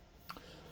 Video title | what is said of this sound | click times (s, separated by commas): How to upgrade or replace drives in the Lacie 8big rackmount thunderbolt 2 storage array | It doesn't take a lot of force, but once you get it seated, then you can lock that down. | 0.3 s, 0.4 s